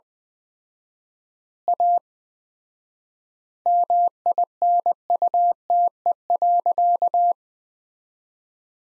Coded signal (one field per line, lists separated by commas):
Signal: Morse code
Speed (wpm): 20 wpm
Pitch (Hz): 700 Hz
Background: none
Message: A MINUTE.